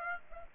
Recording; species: mosquito wingbeat signal from an infrared sensor; Aedes aegypti